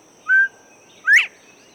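Northern Bobwhite whistled call: a level clear note, a short pause, then a sharply rising slurred note, over a faint steady background hiss.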